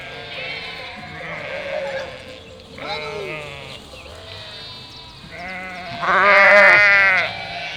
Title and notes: 847 Rue de Vars, 73310 Chindrieux, France - Troupeau de moutons. En ce jour de printemps, au beau milieu d'un troupeau de 467 moutons et agneaux fraîchement comptés par le berger. Bêlements en chorale très spacialisée et en mouvement